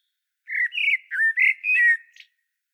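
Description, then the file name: Common blackbird singing one continuous, mellow warbled phrase of rising and falling fluty notes, finishing with a faint high twitter; quiet otherwise. "Turdus merula"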